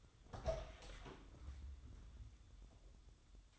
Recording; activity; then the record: daily activity, microphone in the room; open door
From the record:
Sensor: 3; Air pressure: 1004.9 hPa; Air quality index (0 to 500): 74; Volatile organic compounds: 2 ppm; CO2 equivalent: 1117 ppm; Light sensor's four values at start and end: 8/20/8/8 and 8/20/8/8